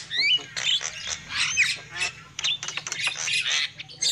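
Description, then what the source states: Lovebird chatter, shrill buzzy screeches and rising squeaks in quick, overlapping bursts. Lovebird calls used as a lure for trapping birds.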